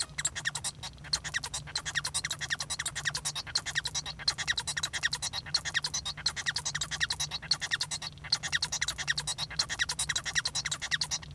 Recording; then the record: song of a male Bengalese finch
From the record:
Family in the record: son of father 1